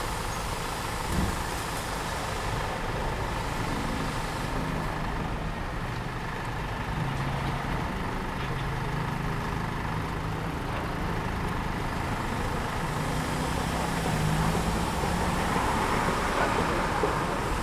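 Waiting at the south gate of Peking University, a steady wash of road traffic fills the scene, with vehicles rumbling past continuously. The low hum stays dense and even throughout, swelling slightly toward the end, with a brief tonal whine near fourteen seconds.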